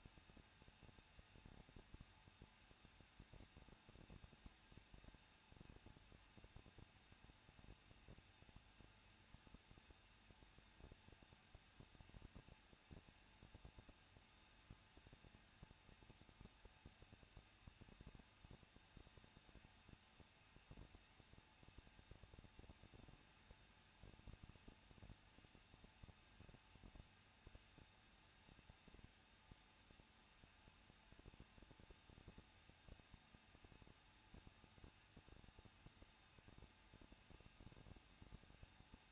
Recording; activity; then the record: daily activity, microphone in the room; no activity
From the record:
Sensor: 2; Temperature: 21.0 degrees Celsius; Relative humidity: 37.4%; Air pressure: 1006.1 hPa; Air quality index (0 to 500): 222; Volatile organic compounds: 24 ppm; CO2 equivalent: 2812 ppm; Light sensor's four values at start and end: 2/3/2/2 and 2/3/2/2